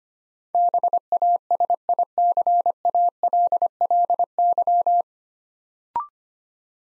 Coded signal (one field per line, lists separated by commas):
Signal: Morse code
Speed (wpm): 25 wpm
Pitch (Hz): 700 Hz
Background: none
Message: BASICALLY